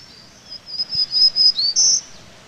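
Black-throated green warbler delivering a single song: a run of thin, buzzy notes that steps up to a louder, wheezy final note.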